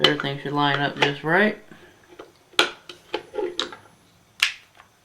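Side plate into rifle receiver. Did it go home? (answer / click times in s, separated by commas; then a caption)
no / none. During rifle reassembly, the receiver side plate is put back on with its small pin through the matching hole while someone talks. Several sharp handling knocks follow as the plate is handled against the receiver. Nothing has seated or snapped into place yet.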